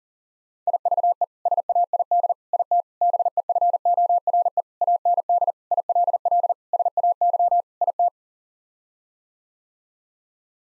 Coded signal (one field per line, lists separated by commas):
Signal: Morse code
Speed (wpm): 40 wpm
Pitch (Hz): 700 Hz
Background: none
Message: IVE SAID IT BEFORE AND ILL SAY IT